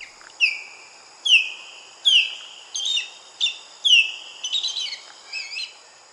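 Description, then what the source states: Osprey giving several sharp whistled chirps that slide downward, with a quicker jumble of notes near the end. One of a seven-year-old child's favorite birds.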